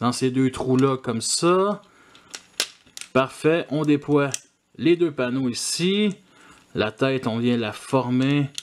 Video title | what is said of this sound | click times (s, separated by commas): (FR)Transformers Power Of The Prime Pyro (Toyhaxx Stickers) | on vient prendre ici la nacelle et ont éclipsé ici avec ces deux bugs dans | 2.6 s